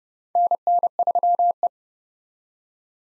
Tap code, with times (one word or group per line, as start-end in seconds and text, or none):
none